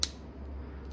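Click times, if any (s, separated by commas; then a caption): 0.0 s. Two plastic pieces of a Transformers Studio Series 86-31 Optimus Prime toy are pressed home into the action figure body. A sharp, bright plastic snap lands at 0.0 s, followed by a steady low hum for the rest of the second. The pieces are seated, snapped into place.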